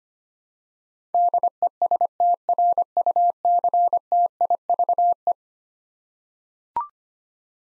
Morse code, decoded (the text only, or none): DESTRUCTIVE